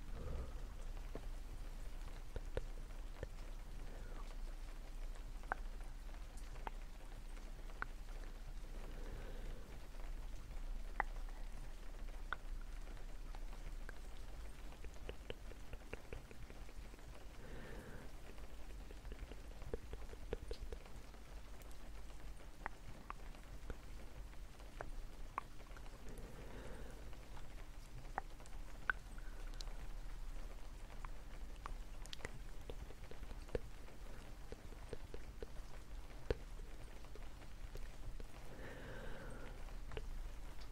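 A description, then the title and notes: Steady rain patters over a low constant rumble, with sharp tapping clicks throughout and soft fluffy mic brushes every few seconds. ASMR dark lofi camera setup in the rain - fluffy mic sounds, tktk, sksk and more.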